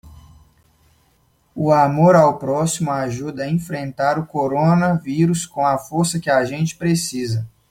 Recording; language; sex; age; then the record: spoken sentence; Brazilian Portuguese; male; 20 to 29 years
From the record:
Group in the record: control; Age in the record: 26 years